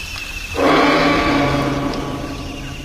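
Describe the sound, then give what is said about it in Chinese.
A Tyrannosaurus rex roar: after a brief quiet moment, a huge, deep, rumbling bellow bursts in and holds for over two seconds, growling and raspy, slowly fading at the end. No one speaks. “外出游览的电动汽车却偏偏停在了猛兽区，恐怖的庞然大物霸王龙掀翻了汽车，吃掉了律师。”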